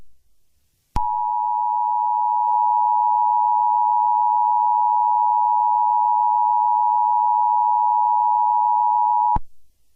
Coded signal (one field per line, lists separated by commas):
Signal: Emergency Alert System (SAME) tones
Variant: 853 and 960 Hz attention tone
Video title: EAS Scenario #1: Hammer Bro Military